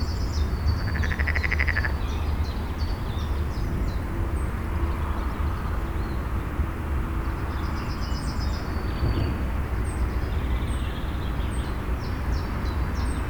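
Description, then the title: Frog calling with one brief pulsed trill early on, with heavy road traffic rumble throughout. A frog singing next to a busy road at Åkirkebyvej, Rønne, Denmark; recorded with a Sony PCM-D100 on internal mics. "Åkirkebyvej 163, 3700 Rønne, Denmark - Frog and traffic"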